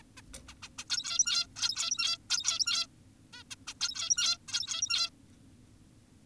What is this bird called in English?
Zebra Finch